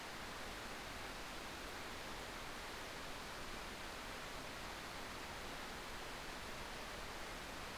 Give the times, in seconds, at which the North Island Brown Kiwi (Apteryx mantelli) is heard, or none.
none